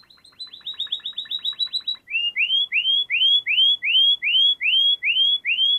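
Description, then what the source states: Canary song: a fast, even trill of short buzzy notes, then a run of clear rising upslurred whistles repeated steadily. Canary song used as masteran, for training other birds.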